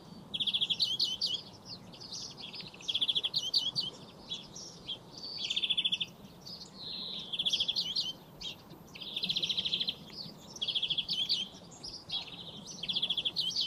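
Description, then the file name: European greenfinch giving repeated bursts of fast, buzzy twittering notes, each lasting about a second, in a steady series. "Chloris chloris"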